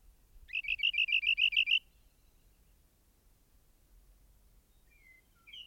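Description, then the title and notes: Rock wren trill: around a dozen bright, evenly paced notes repeated quickly for just over a second, followed by quiet and a few faint notes. "Rock Wren. Macaulay Library at Cornell Lab of Ornithology"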